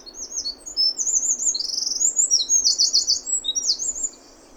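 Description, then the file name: Eurasian wren song, a loud rapid run of high trills and warbled notes, steady and sustained for about four seconds before stopping. "Troglodytes troglodytes"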